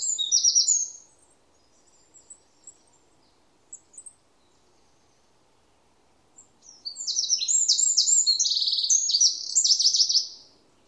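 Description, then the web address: Bird song: a short high trilled burst, then scattered faint chirps, followed by a long complex phrase of rapid buzzy trills and sharp high notes lasting about four seconds. "Bird Only"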